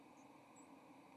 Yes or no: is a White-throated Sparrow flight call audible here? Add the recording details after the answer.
no. Another species' flight call is heard. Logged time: 10:01 on 30 October 2014